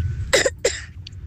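Two short, forceful cough bursts from a child, deliberately produced; a voluntary cough.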